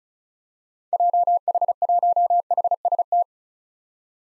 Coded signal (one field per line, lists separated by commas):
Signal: Morse code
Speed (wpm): 34 wpm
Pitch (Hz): 700 Hz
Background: none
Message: JH1HST